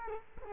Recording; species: mosquito wingbeat signal from an infrared sensor; Culex quinquefasciatus